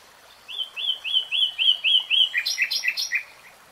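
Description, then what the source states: Nightingale song: a run of several clear whistled notes on one pitch, then a quicker series of brighter chirping notes. Nightingale singing in real time.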